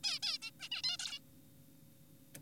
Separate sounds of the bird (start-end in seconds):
0.04-0.19, 0.23-0.38, 0.42-0.51, 0.60-0.69, 0.72-0.82, 0.84-0.97, 0.99-1.19